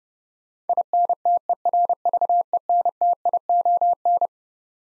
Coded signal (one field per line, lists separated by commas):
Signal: Morse code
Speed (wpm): 32 wpm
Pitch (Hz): 700 Hz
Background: none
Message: INTERVENTION